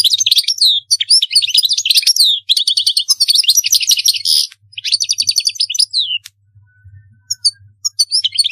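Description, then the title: European goldfinch in full song: a rapid, cheerful tumble of tinkling twitters, short trills and buzzy notes, with a brief pause and a few closing chirps. "Chant Chardonneret"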